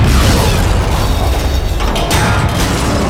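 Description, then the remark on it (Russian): A small explosive charge detonates in a loud, sustained roar of rumbling low-end noise, with a sharp crackling burst partway through. No voices are heard. “Его сгоревшие пальцы сжали кусок маленькой взрывчатки и швырнули ее обратно к человеку.”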